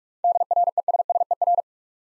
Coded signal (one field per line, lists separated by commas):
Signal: Morse code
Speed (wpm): 45 wpm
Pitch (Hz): 700 Hz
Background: none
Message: DRESSER